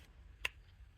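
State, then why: Seated. A folding knife is pushed back into a molded kydex sheath and snaps past the retention point with a single sharp click at 0.5 s, so it sits secure. The rest of the clip is quiet low rumble with no talk.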